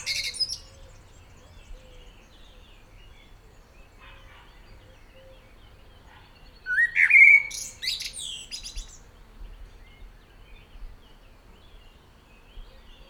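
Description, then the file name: Common blackbird: a brief high squeaky burst at the start, then mostly quiet until a single loud fluted phrase ending in a high twitter midway, with faint scattered bird notes around it. "Turdus merula"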